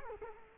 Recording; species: mosquito wingbeat signal from an infrared sensor; Culex quinquefasciatus